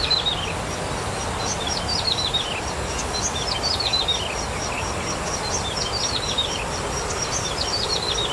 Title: Suara Burung Ciblek